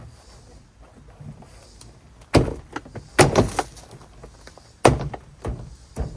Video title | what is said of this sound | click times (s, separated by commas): Modify & Install New Front Door Speakers R50, R52 & R53 MINI Cooper | Boom, snap in place. | 4.9 s